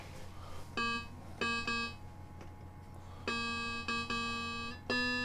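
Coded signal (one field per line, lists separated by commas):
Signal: none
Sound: keyboard instrument notes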